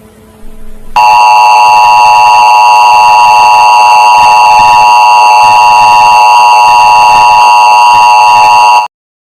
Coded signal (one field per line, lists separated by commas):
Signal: Emergency Alert System (SAME) tones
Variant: 853 and 960 Hz attention tone